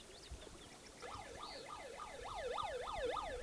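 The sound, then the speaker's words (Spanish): A warning alarm siren yelps in fast rising-and-falling sweeps, a high wavering tone that starts after a second and grows steadily louder over a low background rumble, with no talking. “¡Es alarma! ¡Ay, alarma! ¡Alarma de... avisos!”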